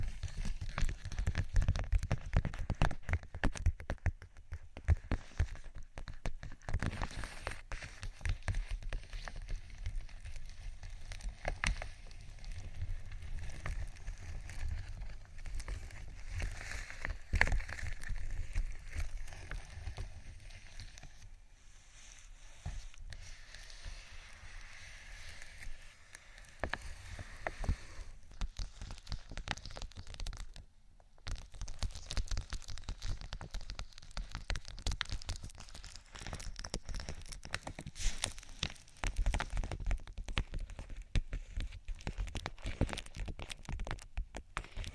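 Tapping and scratching on vinyl, a dense, continuous run of small clicks, scrapes and rubs with a low rumble underneath. The texture shifts every few seconds as the handling changes, with a quieter, smoother stretch around twenty to twenty-seven seconds and a brief near-silence near thirty-one seconds.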